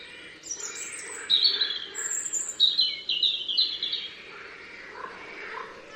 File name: Erithacus rubecula